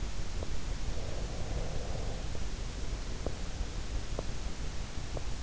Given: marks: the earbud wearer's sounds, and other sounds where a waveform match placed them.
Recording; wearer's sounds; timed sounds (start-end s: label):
sounds in sleep by an in-ear microphone; teeth grinding, breath
0.27-0.58 s: teeth grinding
0.94-2.94 s: breath
3.12-3.49 s: teeth grinding
4.01-4.41 s: teeth grinding
4.96-5.36 s: teeth grinding